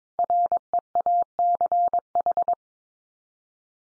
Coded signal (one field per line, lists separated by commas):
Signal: Morse code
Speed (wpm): 22 wpm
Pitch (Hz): 700 Hz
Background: none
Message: REACH